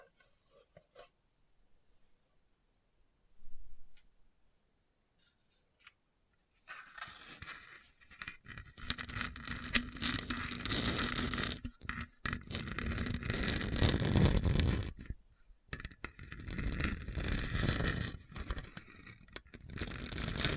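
Hard, bumpy scratching starts around seven seconds after quiet scattered ticks, then continues as dense, rough scraping with brief pauses and irregular bursts.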